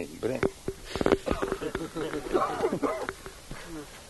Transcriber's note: laughter